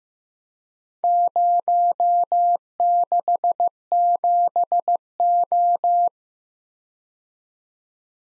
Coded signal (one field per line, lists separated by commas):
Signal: Morse code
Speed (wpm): 15 wpm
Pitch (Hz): 700 Hz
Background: none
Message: 067O